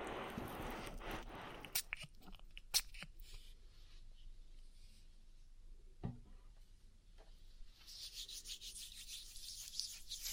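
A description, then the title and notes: Muffled rubbing and crackling of an oiled ear massage, with a dense rustling burst in the first two seconds. Sharp clicks and pops land around two to three seconds and again near six, then bright, fizzy rubbing returns from about eight seconds on. ASMR Oil Ear Massage for Deep Relaxation (No Talking).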